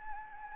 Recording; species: mosquito wingbeat signal from an infrared sensor; Anopheles gambiae